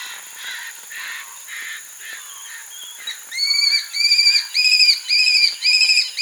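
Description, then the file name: Aplomado falcon giving a rapid series of harsh, ringing notes, about two per second, starting faint and rough, then becoming loud and clear in the second half. "halconplomizo"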